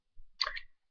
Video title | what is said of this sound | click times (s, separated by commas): Break Down On The WE MEU M1911 Gas Blowback Airsoft Pistol | and you're just going to kind of push it in you should hear a little click I don't know if you can hear that | 0.4 s